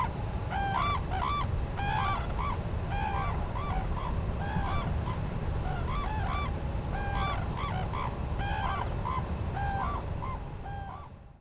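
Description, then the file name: Red-crowned cranes giving a chorus of ringing, bugled notes, often in rapid pairs, several birds overlapping, with constant low rumbling noise underneath. "tantyou"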